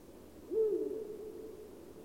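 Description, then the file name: Eurasian eagle-owl giving a single deep hoot that trails off into a fading tone. "uhu"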